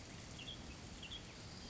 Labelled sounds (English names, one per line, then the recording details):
Western Tanager
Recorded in Sonoma County, California